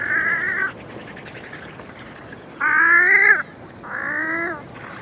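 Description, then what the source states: Australian wood duck calls: three separate drawn-out nasal mewing notes over a steady background hiss. Wood ducks chatting.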